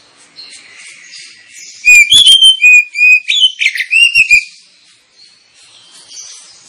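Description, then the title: Oriental magpie-robin delivering one loud, varied phrase of ringing whistles and buzzy notes lasting about two and a half seconds, with faint warbling before and after. Lure recording meant to provoke kacer into fighting and singing at once, delivering full, rapid bursts of song. "Kacer Langsung Tarung Konslet KACER NGOTOT FULL TEMBAKAN. Kacer dimana SAJA Bakalan NGEPLONG GACOR dengan Pancingan Kacer ini"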